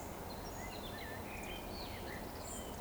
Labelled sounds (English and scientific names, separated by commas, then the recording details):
Eurasian Woodcock (Scolopax rusticola) whistle
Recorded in Baden-Württemberg, Germany, on 15 June 2020 at 19:38 UTC
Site 14569, 102 m above sea level